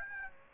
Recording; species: mosquito wingbeat signal from an infrared sensor; Aedes aegypti